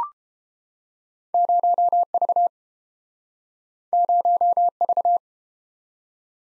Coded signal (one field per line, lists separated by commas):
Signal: Morse code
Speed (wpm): 30 wpm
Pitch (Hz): 700 Hz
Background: none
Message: 0V 0V